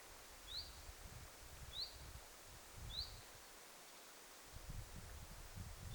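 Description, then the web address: Common chiffchaff call notes, short thin rising whistles, four in all, the first three about 1.2 seconds apart and the last three seconds later, over soft rustle and low rumble. Recorded 3 September 2026; calling birds, apparently chiffchaffs, the most recorded so far. "paivat 3 9 2026 eniten tahan asti on ollut talleen aantelevia ilm tiltalttilintuja"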